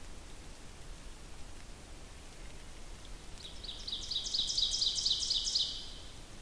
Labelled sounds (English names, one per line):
Ovenbird song